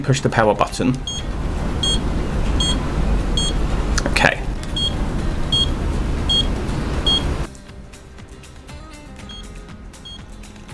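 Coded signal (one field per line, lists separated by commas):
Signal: none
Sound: device's treatment timer beeps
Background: speech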